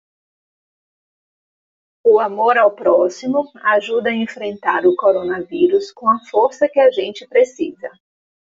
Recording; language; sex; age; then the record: spoken sentence; Brazilian Portuguese; female; 40 to 49 years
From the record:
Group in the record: control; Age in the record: 44 years